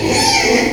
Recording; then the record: squeal of a Yucatan mini pig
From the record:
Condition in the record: before surgery on the right vocal fold (resection and tissue-engineered implant); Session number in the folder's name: 2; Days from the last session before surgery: 0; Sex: male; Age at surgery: 12 weeks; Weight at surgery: 13 kg